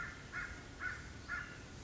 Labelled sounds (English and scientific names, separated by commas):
American Crow (Corvus brachyrhynchos)